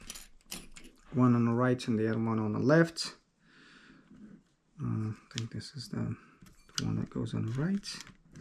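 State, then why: Not seated. A plastic side cover is handled before being fitted back onto the right side of a Mavic Pro Platinum drone body during a gimbal flex cable repair, with a few short plastic clicks and rattles in the first second while someone talks. Nothing has seated or clicked into place yet.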